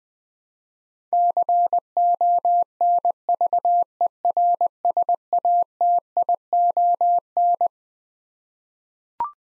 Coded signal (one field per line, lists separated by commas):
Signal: Morse code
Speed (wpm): 21 wpm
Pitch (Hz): 700 Hz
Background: none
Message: CONVERSATION